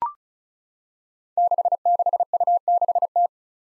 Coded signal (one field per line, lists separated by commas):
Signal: Morse code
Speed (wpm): 36 wpm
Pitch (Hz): 700 Hz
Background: none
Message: 66U6T